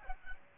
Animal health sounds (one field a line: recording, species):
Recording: mosquito wingbeat signal from an infrared sensor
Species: Aedes albopictus